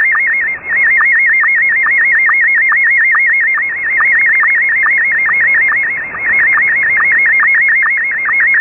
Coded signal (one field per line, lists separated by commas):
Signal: SSTV (slow-scan television)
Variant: Scottie 1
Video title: Wolverine Radio pirate halloween SSTV Pictures sent 6935 Khz USB Shortwave